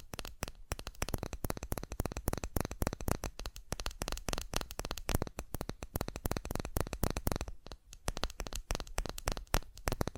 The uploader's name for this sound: ASMR Fast Tapping